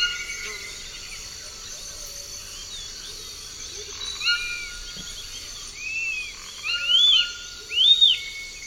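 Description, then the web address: Zimmer's flatbill song: quiet opening, then several clear arched whistled notes in quick succession near the end, over a faint insect background. Recorded in the eastern lowlands of South America. "Natures Songs S America Eastern Lowlands. Zimmer's Flatbill"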